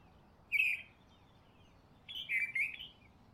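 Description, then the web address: Bird calls: a single bright chirp followed after a pause by a longer burst of two or three squeaky notes. Recorded in Honolulu in the morning. "lynne-publishing Honolulu Morning Bird"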